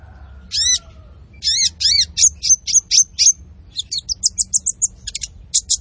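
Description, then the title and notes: Olive-backed sunbird song: sharp, high zigzag notes, then strings of bright chirps and short slurred notes, several per second. Masteran training recording of the kolibri ninja singing gacor (lively, nonstop), with full fill-in phrases and luxurious bursts; suitable as pancingan to stimulate other birds. "MASTERAN KOLIBRI NINJA TERBAIK FULL ISIAN DAN TEMBAKAN MEWAH COCOK BUAT PANCINGAN. Suara Burung Kolibri Ninja Gacor"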